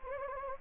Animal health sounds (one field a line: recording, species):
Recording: mosquito wingbeat signal from an infrared sensor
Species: Anopheles gambiae